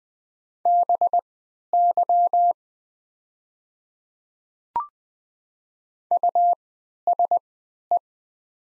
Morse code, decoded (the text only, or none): BY USE